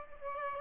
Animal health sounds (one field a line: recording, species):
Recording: mosquito wingbeat signal from an infrared sensor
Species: Aedes aegypti